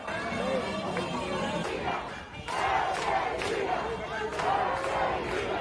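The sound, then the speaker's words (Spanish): Hundreds of people protesting against the government in the streets of San Antonio de los Baños, Cuba, on a Sunday shout and chant "Abajo la dictadura" in loud, rhythmic bursts, a dense wall of many voices rising and swelling, with a brief dip in the middle before the chanting surges again. “Abajo la dictadura fue el grito de cientos de personas que salieron a las calles este domingo para protestar contra el gobierno en el pueblo cubano de San Antonio de los Baños.”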